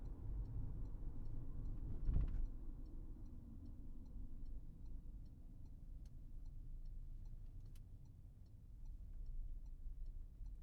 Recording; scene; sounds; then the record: everyday scene through a hearing-aid microphone; in a vehicle; engine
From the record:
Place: Berlingo II, diesel engine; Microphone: behind the ear, right, rear